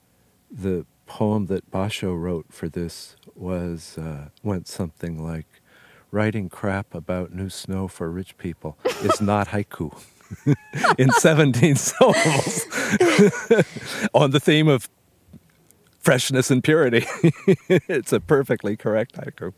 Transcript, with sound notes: the poem that Basho wrote for this was -- went something like, "Writing crap about new snow for rich people, it's not haiku," in 17 syllables.
(LAUGHTER)
On the theme of freshness and purity. (laughs) It's a perfectly correct haiku.